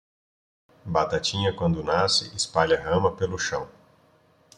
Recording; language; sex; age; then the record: short text; Brazilian Portuguese; male; 30 to 39 years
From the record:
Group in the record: control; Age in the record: 39 years